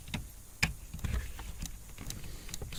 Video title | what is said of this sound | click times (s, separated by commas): Plug and Play Remote Start Kit for 2006-2011 Honda Civic | make sure it locks into place | 0.6 s